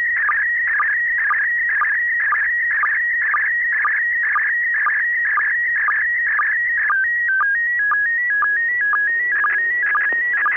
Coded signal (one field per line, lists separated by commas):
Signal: SSTV (slow-scan television)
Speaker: record the signal and then you can play it back later on the application and for me multiscan 3b and that's what i'll show you right now